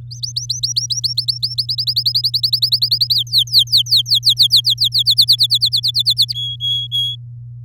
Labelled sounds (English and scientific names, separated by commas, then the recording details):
Domestic Canary (Serinus canaria) song
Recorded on 7 May 2018 at 13:41
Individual llb16